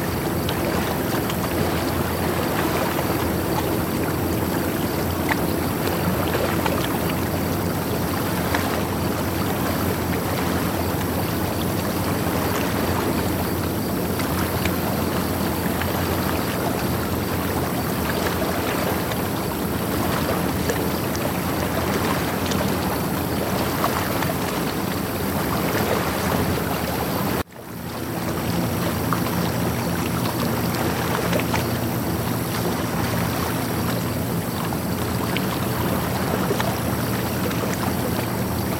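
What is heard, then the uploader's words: Gentle waves lap steadily against a dock at night under a constant, dense wash of water sound, briefly cutting out near the end. Lake Sounds for Sleep 8 Hours | Dock at Night.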